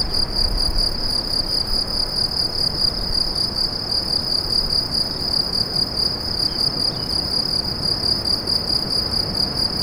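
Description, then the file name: Cricket chirping in a steady, rapid pulsing trill around a high pitch with a fainter overtone above, continuous throughout, over low rumbling background noise. "grillons"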